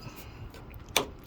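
A plastic trim cover is angled into its opening at the inner rear driver tail light of a 2016 Mazda 6 GT and pushed in. After a few faint ticks against low background noise, one sharp snap is heard at 1.0 s as the cover seats securely in place.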